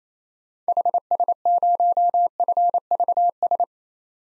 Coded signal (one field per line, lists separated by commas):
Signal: Morse code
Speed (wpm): 28 wpm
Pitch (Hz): 700 Hz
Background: none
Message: HS0FVS